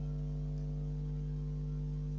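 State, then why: Not seated. Someone tries again to fit the plastic layer of a Beyblade Burst spinning top onto its disc/driver. Only a steady low hum with constant tonal bands is heard, with no sudden sounds. Nothing has clicked or locked yet, and the parts are still not locked together.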